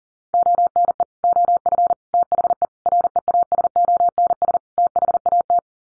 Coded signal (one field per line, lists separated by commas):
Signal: Morse code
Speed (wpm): 40 wpm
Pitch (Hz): 700 Hz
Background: none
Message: ONE OF THE REASONS THAT